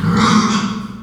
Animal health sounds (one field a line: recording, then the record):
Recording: squeal of a Yucatan mini pig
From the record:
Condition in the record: after surgery on the right vocal fold (resection and tissue-engineered implant)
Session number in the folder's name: 16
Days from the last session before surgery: 183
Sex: female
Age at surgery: 19 weeks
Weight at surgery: 25 kg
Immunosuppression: prednisolone